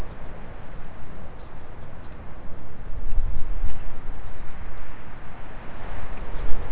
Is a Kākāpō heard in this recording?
no